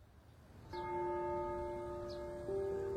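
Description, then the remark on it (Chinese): A school bell rings for class in Douluo Dalu, calling students to assemble, with a steady, humming tone that sustains for a couple of seconds, then is struck again with a slightly shifted pitch. No voices are heard. “半个时辰后，上课的钟声响起，集合的时间到了。”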